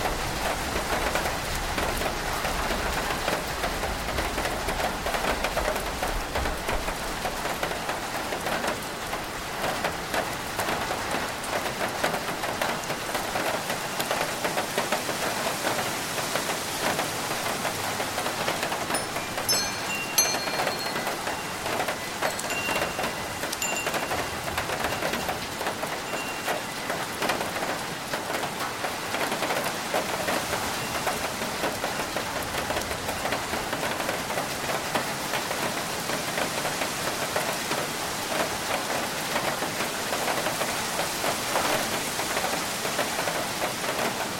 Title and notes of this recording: Evening Thunderstorm on the Farm | Rain, Thunder, Wind & Chimes. Rain patters on the tin roof, thunder rumbles in the distance, wind rustles the corn fields, and wind chimes ring softly on the front porch.